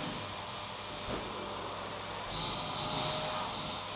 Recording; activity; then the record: daily activity, microphone in the room; vacuum cleaning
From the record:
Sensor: 1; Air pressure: 1009.6 hPa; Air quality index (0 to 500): 194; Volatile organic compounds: 19 ppm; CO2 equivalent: 2653 ppm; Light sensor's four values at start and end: 30/75/31/37 and 30/76/32/38